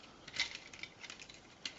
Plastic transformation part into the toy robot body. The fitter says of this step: grab hold of it it does click into place I've done it right that's it let me turn it around